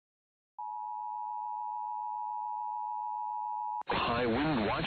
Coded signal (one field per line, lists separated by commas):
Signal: Emergency Alert System (SAME) tones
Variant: 853 and 960 Hz attention tone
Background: speech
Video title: High Wind Watch No EAS